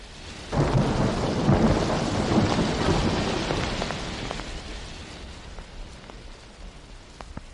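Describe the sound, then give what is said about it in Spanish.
A heavy roll of thunder from a night storm with a succession of lightning flashes booms in at once and rumbles on, slowly fading beneath steady rain, with a few sharp raindrop taps toward the end. “Una sucesión de relámpagos vivos permitió verla con mayor nitidez.”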